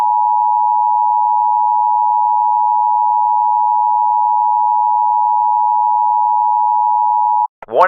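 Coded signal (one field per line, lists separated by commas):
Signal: Emergency Alert System (SAME) tones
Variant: 853 and 960 Hz attention tone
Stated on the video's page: Fictional EAS scenario using valid EAS tones.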